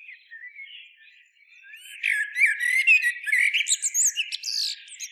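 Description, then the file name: Common blackbird song, a soft low warble followed by a busy burst of squeaky, twittering notes and high buzzy trills. "Turdus merula"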